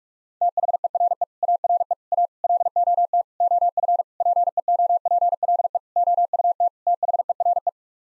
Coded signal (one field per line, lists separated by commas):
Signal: Morse code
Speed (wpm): 46 wpm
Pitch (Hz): 700 Hz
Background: none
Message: THERE ARE A LOT OF PEOPLE OUT THERE